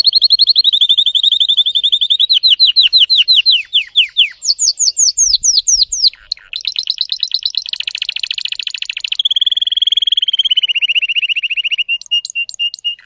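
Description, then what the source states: Canary (Spanish Timbrado): canary song of long descending chopped trills, then a dense buzzy roll and a smooth low liquid tour, sustained throughout. Domestic canary singing, described as Belgian Spanish Timbrado.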